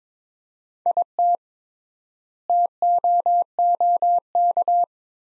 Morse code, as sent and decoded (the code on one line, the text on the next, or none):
.. - / - --- --- -.-
IT TOOK